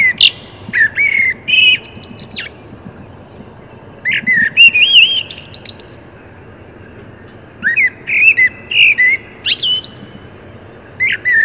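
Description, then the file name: Common blackbird song in several phrases, each a liquid fluted warble that breaks into thin, high twittering notes. "Turdus merula"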